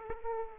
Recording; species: mosquito wingbeat signal from an infrared sensor; Aedes aegypti